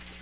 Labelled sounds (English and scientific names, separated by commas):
Magnolia Warbler (Setophaga magnolia) flight call